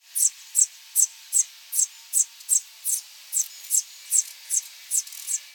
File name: Passer domesticus - House Sparrow